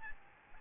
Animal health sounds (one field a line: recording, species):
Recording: mosquito wingbeat signal from an infrared sensor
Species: Aedes albopictus